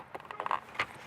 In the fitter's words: I'm going to snap this all back into place here right here